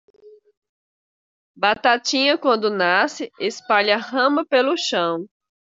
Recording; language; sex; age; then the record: short text; Brazilian Portuguese; female; 30 to 39 years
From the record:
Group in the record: control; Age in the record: 35 years